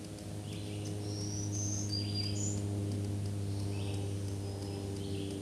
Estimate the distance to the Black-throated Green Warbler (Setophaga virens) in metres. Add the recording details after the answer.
about 15 m. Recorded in a Pennsylvania forest on 1 June 2023 at 09:00. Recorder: AudioMoth, point grid3_34_high. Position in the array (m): 215 m, 135 m